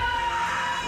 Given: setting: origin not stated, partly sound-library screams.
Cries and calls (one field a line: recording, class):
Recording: one-second piece from a danger detection set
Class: woman in danger